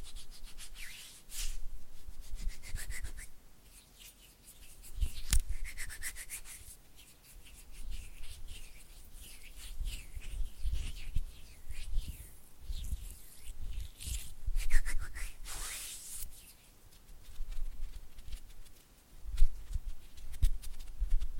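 Oily hands rub and flutter in uneven bursts, with soft slick swishes, quick fingertip patters, and brief sharp smacks near five and fifteen seconds.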